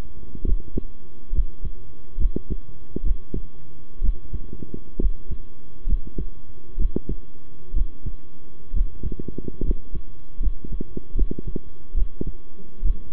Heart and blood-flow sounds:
heart sounds by stethoscope; between the tricuspid and mitral areas; 68 bpm
0.44 s: heartbeat
1.32 s: heartbeat
2.17 s: heartbeat
3.03 s: heartbeat
4.01 s: heartbeat
4.99 s: heartbeat
5.86 s: heartbeat
6.77 s: heartbeat
7.73 s: heartbeat
8.73 s: heartbeat
9.62 s: heartbeat
10.40 s: heartbeat
11.14 s: heartbeat
11.94 s: heartbeat
12.82 s: heartbeat
From the record:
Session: rest, sitting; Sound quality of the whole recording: good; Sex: male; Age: 23 years

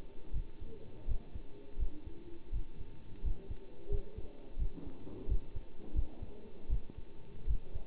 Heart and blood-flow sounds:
heart sounds by stethoscope; between the tricuspid and mitral areas; 84 bpm
0.32 s: heartbeat
1.07 s: heartbeat
1.78 s: heartbeat
2.52 s: heartbeat
3.23 s: heartbeat
3.90 s: heartbeat
4.58 s: heartbeat
5.28 s: heartbeat
5.94 s: heartbeat
6.69 s: heartbeat
7.46 s: heartbeat
From the record:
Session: bicycle stress test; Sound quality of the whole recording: good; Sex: male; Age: 27 years

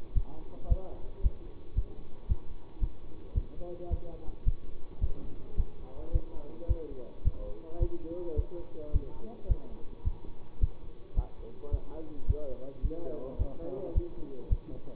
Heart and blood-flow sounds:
heart sounds by stethoscope; between the tricuspid and mitral areas; 109 bpm
0.15 s: heartbeat
0.69 s: heartbeat
1.23 s: heartbeat
1.76 s: heartbeat
2.29 s: heartbeat
2.81 s: heartbeat
3.35 s: heartbeat
3.91 s: heartbeat
4.46 s: heartbeat
5.01 s: heartbeat
5.57 s: heartbeat
6.13 s: heartbeat
6.68 s: heartbeat
7.24 s: heartbeat
7.80 s: heartbeat
8.36 s: heartbeat
8.93 s: heartbeat
9.49 s: heartbeat
10.04 s: heartbeat
10.61 s: heartbeat
11.16 s: heartbeat
11.72 s: heartbeat
12.27 s: heartbeat
12.83 s: heartbeat
13.39 s: heartbeat
13.94 s: heartbeat
14.50 s: heartbeat
From the record:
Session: bicycle stress test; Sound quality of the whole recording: good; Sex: male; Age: 24 years

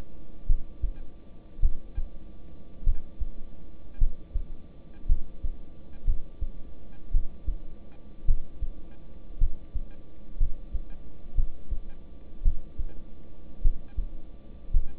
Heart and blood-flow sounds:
heart sounds by stethoscope; between the tricuspid and mitral areas; 55 bpm
0.46 s: heartbeat
1.60 s: heartbeat
2.84 s: heartbeat
3.98 s: heartbeat
5.07 s: heartbeat
6.05 s: heartbeat
7.12 s: heartbeat
8.25 s: heartbeat
9.39 s: heartbeat
10.38 s: heartbeat
11.35 s: heartbeat
12.43 s: heartbeat
13.62 s: heartbeat
14.72 s: heartbeat
From the record:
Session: rest, lying down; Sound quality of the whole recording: good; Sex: male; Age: 26 years

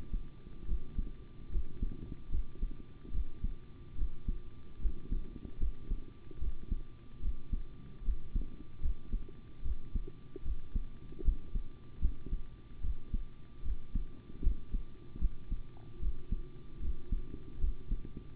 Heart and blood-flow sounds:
heart sounds by stethoscope; between the tricuspid and mitral areas; 74 bpm
0.66 s: heartbeat
1.50 s: heartbeat
2.30 s: heartbeat
3.11 s: heartbeat
3.96 s: heartbeat
4.80 s: heartbeat
5.58 s: heartbeat
6.39 s: heartbeat
7.20 s: heartbeat
8.03 s: heartbeat
8.81 s: heartbeat
9.63 s: heartbeat
10.43 s: heartbeat
11.23 s: heartbeat
12.00 s: heartbeat
12.81 s: heartbeat
13.63 s: heartbeat
14.42 s: heartbeat
15.19 s: heartbeat
16.00 s: heartbeat
16.80 s: heartbeat
17.59 s: heartbeat
From the record:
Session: rest, sitting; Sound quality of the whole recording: good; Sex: male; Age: 25 years

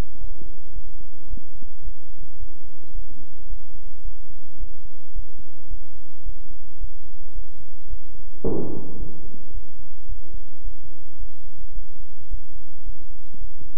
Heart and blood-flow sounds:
heart sounds by stethoscope; between the tricuspid and mitral areas; 109 bpm
0.18 s: heartbeat
0.73 s: heartbeat
1.28 s: heartbeat
1.82 s: heartbeat
2.37 s: heartbeat
2.92 s: heartbeat
3.47 s: heartbeat
4.02 s: heartbeat
4.58 s: heartbeat
5.13 s: heartbeat
5.68 s: heartbeat
6.24 s: heartbeat
6.78 s: heartbeat
7.33 s: heartbeat
7.88 s: heartbeat
8.43 s: heartbeat
8.97 s: heartbeat
9.52 s: heartbeat
10.07 s: heartbeat
10.62 s: heartbeat
11.17 s: heartbeat
11.73 s: heartbeat
12.28 s: heartbeat
12.84 s: heartbeat
13.38 s: heartbeat
From the record:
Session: bicycle stress test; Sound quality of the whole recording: good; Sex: male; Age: 26 years

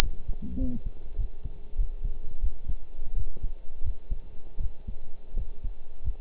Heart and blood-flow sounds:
heart sounds by stethoscope; between the tricuspid and mitral areas; 90 bpm
0.02 s: heartbeat
0.60 s: heartbeat
1.18 s: heartbeat
1.78 s: heartbeat
2.42 s: heartbeat
3.16 s: heartbeat
3.85 s: heartbeat
4.60 s: heartbeat
5.36 s: heartbeat
6.05 s: heartbeat
From the record:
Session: pedaling a stationary bicycle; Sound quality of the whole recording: partially saturated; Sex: male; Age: 23 years

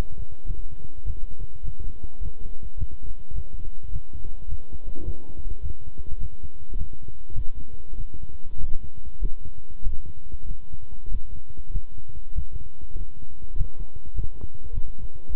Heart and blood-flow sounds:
heart sounds by stethoscope; between the tricuspid and mitral areas; 101 bpm
0.45 s: heartbeat
1.05 s: heartbeat
1.63 s: heartbeat
2.20 s: heartbeat
2.77 s: heartbeat
3.33 s: heartbeat
3.90 s: heartbeat
4.47 s: heartbeat
5.03 s: heartbeat
5.61 s: heartbeat
6.18 s: heartbeat
6.76 s: heartbeat
7.33 s: heartbeat
7.95 s: heartbeat
8.56 s: heartbeat
9.19 s: heartbeat
9.82 s: heartbeat
10.46 s: heartbeat
11.09 s: heartbeat
11.71 s: heartbeat
12.34 s: heartbeat
12.95 s: heartbeat
13.56 s: heartbeat
14.14 s: heartbeat
14.72 s: heartbeat
15.30 s: heartbeat
From the record:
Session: walking at 3.7 km/h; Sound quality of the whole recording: good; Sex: male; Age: 26 years

